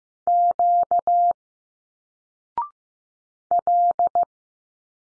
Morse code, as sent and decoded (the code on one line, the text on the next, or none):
--.- / .-..
Q L